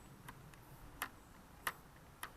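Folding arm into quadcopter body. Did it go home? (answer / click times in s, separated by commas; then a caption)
yes / 1.0 s, 1.7 s, 2.2 s. The spring-loaded plastic arms of a folding quadcopter are folded out one by one, each snapping into its locked position in the body with sharp clicks at 1.0 s, 1.7 s and 2.2 s. Two fainter ticks come earlier, at 0.3 s and 0.5 s. The arms click into place cleanly and lock.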